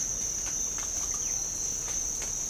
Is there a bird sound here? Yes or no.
no